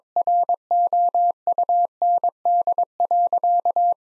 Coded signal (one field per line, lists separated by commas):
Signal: Morse code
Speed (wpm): 22 wpm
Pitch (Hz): 700 Hz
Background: none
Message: ROUND.